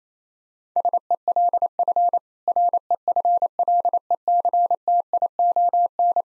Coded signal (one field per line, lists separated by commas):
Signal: Morse code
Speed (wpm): 28 wpm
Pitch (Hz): 700 Hz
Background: none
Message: SELF REFLECTION